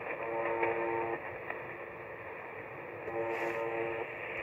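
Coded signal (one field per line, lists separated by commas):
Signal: channel marker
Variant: UVB-76 (The Buzzer)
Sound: two harsh low buzzes, about one second each, through hissing shortwave static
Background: radio static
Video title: UVB-76 The Buzzer 4625 KHz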